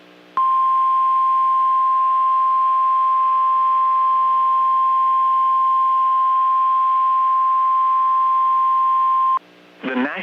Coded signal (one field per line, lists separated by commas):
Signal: Emergency Alert System (SAME) tones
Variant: 1050 Hz attention tone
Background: speech